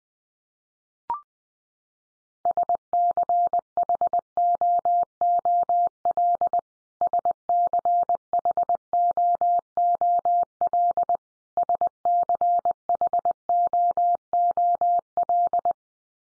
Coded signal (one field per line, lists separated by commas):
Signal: Morse code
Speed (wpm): 20 wpm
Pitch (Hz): 700 Hz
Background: none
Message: SCHOOL SCHOOL SCHOOL